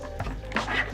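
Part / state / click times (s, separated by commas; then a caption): metal bracket rail into corner insert on back of flexible LED light mat / seated / 0.6 s. A thin metal mounting-bracket rail is snapped into a cutout insert on the back corner of an Aputure Amaran F21X Bi-Colour flexible LED mat. After faint handling knocks around 0.2 s and 0.5 s, a sharp snap lands at 0.6 s as the rail seats into the corner insert.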